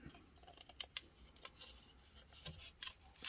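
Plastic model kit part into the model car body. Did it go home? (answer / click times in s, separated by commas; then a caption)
yes / 0.8 s, 1.0 s. A plastic part from an AMT 1963 Stingray scale model car kit is test-fitted to the model car body and pressed home, with light plastic rubbing and scraping throughout. It snaps into place with two sharp clicks at 0.8 s and 1.0 s, followed by softer taps around 1.5, 2.5, 2.8 and 3.2 s. The part ends up seated.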